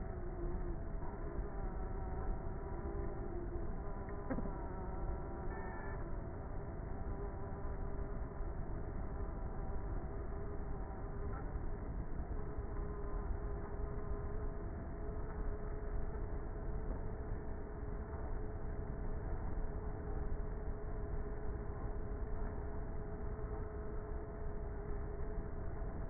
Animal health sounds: honeybee colony, microphone inside the hive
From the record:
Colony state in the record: queenless with a low population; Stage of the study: before two queens were removed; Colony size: about 30,000 bees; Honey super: no

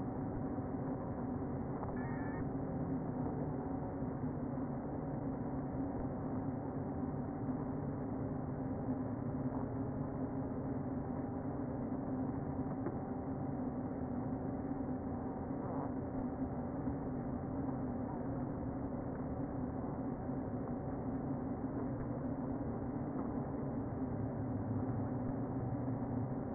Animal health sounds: honeybee colony, microphone inside the hive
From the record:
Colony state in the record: queen present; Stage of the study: before two queens were removed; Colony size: about 60,000 bees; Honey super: yes

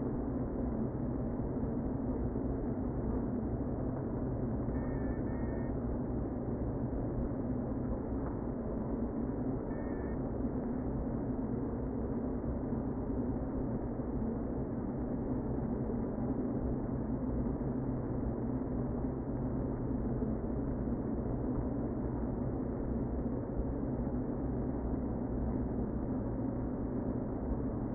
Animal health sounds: honeybee colony, microphone inside the hive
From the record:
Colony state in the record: queen present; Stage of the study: before two queens were removed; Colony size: about 60,000 bees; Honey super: yes

